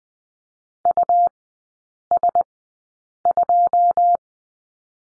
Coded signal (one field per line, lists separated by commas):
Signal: Morse code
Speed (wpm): 20 wpm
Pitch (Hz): 700 Hz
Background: none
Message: US2